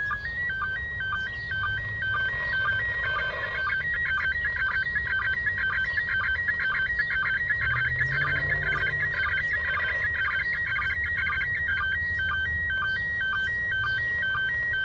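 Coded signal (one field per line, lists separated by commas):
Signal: SSTV (slow-scan television)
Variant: PD 120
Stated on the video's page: SSTV from the International Space Station received on an Icom IC-R30 portable scanner.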